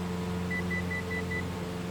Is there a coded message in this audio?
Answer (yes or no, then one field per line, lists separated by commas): no